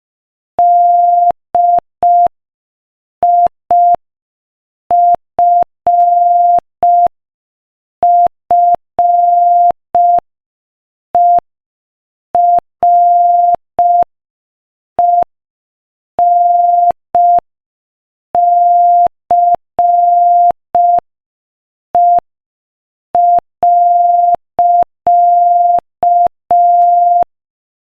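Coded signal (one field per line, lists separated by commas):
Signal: Morse code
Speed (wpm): 5 wpm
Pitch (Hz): 700 Hz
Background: none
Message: DIFFERENCE.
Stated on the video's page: Morse code practice at 5 wpm.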